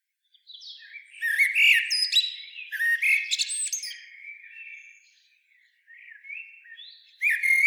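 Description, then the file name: Common blackbird singing, two loud warbled phrases mixed with thin squeaky twitters early on, then softer rambling notes and a final loud burst at the end. "Turdus merula"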